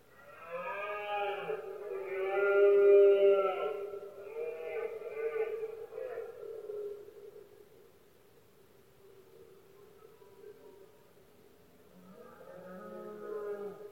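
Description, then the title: Red deer roaring: a loud series of moaning bellows that breaks into shorter grunting roars, fades out, then a fresh roar rises near the end. Male red deer bellowing during the rut, known in Spain as the berrea or brama del ciervo; recorded at night in Spain, when it is quiet. "Paisaje sonoro: Berrea"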